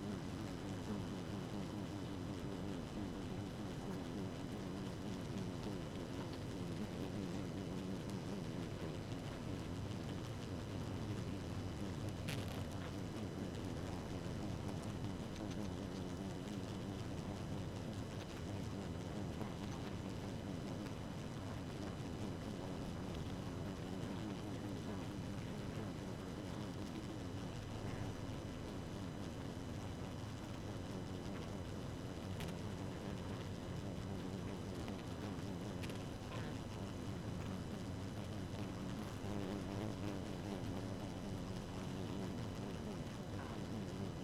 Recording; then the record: honeybee colony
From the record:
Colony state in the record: active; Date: 12 June 2018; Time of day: 1:28